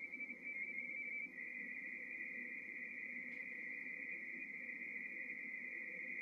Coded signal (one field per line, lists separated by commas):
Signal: RTTY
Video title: P29RO, Papua New Guinea, Pacific Ocean, 18MHz, RTTY QSO by HL2WA